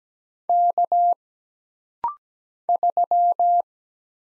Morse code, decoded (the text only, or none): K 3